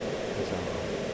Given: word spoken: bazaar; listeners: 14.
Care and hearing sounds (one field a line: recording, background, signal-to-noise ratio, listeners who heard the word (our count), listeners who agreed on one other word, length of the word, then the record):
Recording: one English word in noise, from a listening test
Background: speech-shaped noise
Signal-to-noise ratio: -5.7 dB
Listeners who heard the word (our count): 0 of 14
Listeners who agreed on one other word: 8 of 14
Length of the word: 0.74 s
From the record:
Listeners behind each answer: 8, 2, 1, 1, 1, 1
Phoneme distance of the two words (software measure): 10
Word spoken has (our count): 2 syllables, 5 phonemes, stress on syllable 2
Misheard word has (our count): 2 syllables, 5 phonemes, stress on syllable 2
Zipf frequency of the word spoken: 2.90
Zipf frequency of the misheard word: 4.22